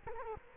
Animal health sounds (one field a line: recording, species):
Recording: mosquito wingbeat signal from an infrared sensor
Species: Culex quinquefasciatus